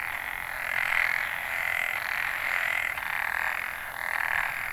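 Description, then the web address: A dense frog chorus of steady overlapping croaks, gently swelling and ebbing throughout, with background hiss. Recorded in northern Nanyo, Ehime Prefecture, Japan, on 29 May 2014. "e h i ehimekennanyohokubu tr 140529 kaeru"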